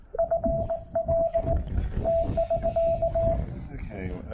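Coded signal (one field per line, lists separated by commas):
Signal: Morse code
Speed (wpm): 19 wpm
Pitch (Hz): 660 Hz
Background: speech, radio noise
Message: FL T<SK>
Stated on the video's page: Morse from a Yaesu FT-891 on 20 meters during a chilly park activation with pileups.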